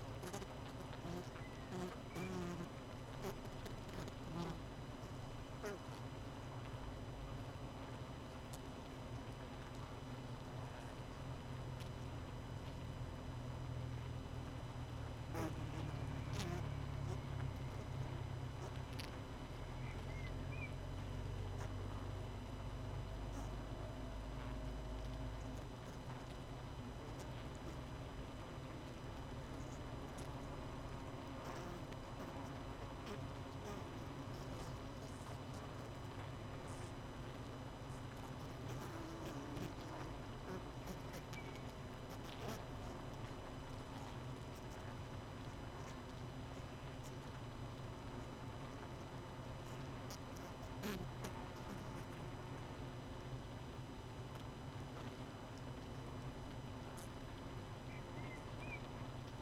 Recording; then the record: honeybee colony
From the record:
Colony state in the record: missing queen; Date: 31 May 2018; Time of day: 19:11